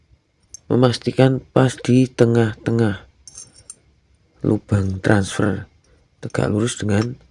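Someone talks while a part is being fitted on an airgun so that its transfer hole lines up with the transfer hole in the jammer, with a few faint clicks and taps between the words. Nothing has seated or clicked into place yet.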